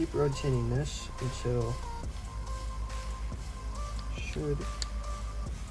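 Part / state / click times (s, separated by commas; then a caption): crank handle onto fishing reel body / not seated / none. The crank handle is put back on a Shakespeare Excursion spinning fishing reel and rotated on its shaft to find the position where it engages, while someone talks over background music. The handle has not clicked in or seated yet by the end of the clip.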